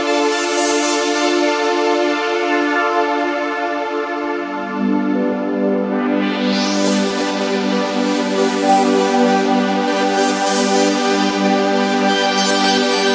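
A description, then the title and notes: A square wave pad holds a sustained, buzzy chord with stacked tones and no gaps. Around four to five seconds it shifts to a lower, fuller voicing, and from six seconds the top turns bright and hissy, staying steady to the end. This is a square wave pad on the Reface CS being modulated by 4 LFOs. The internal LFO is modulating the pitch. 3 other LFOs from the midiLFOs iOS app are modulating the pulse width, pitch of the second oscillator, and the filter resonance. The only additional effect is aufx:space. There's a bit of noise in it.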